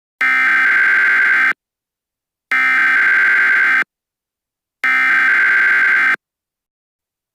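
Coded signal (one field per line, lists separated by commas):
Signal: Emergency Alert System (SAME) tones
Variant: header bursts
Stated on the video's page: Parody mock EAS alert read by a text-to-speech voice, not a real activation.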